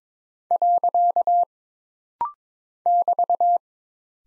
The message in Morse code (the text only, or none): . <BT>